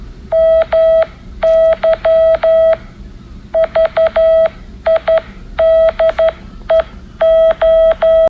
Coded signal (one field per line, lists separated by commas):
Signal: Morse code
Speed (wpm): 12 wpm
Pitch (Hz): 650 Hz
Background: none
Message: MY VIDEO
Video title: Now Morse code…